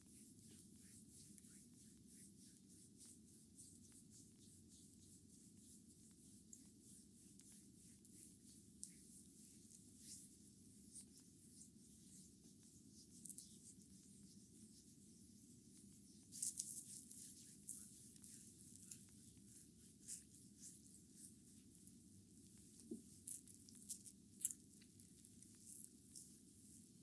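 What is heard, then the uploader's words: Bamboo brooms brush and sweep in a massage, giving a steady hiss of dry, bright scratching over a low, muffled rumble. Sharper rustling strokes and crisp clicks stand out from about sixteen seconds, with a few louder swishes near twenty-three and twenty-five seconds. ASMR massage with Bamboo brooms by Adel. Rare type of massage using bamboo brooms.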